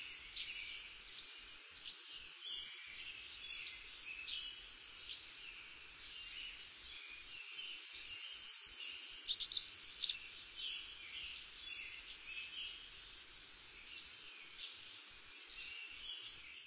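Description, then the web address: Golden-crowned kinglet song: very high, thin series of lisping notes, given three times with pauses between, the second ending in a quick tumbling chatter. North America. "Songs of Birds of North America Stokes. Golden-crowned Kinglet"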